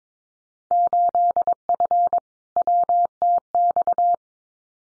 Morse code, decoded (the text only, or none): 8F WTX